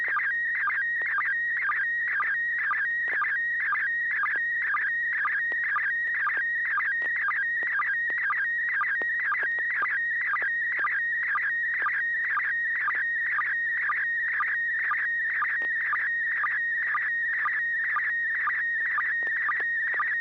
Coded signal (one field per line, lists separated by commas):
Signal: SSTV (slow-scan television)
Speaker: yes uh you do have a town go right ahead okay